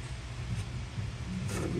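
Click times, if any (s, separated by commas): none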